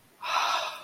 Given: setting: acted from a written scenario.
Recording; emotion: vocal sound without words; serenity